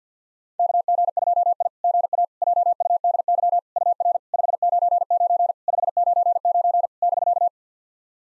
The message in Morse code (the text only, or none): KG2I GA JUDY UR 599 599 <BK>